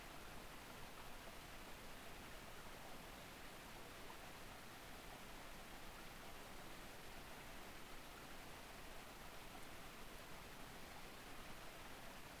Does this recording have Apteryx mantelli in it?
no